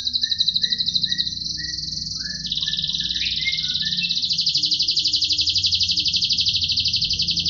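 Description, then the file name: Canary singing a fast high trill that steps down in pitch, with soft lower whistled notes in the first half, then a long rolling trill; low background rumble. Cililin-style canary song, used as fill (isian) for training songbirds. "suara kenari isian cililin omkicau"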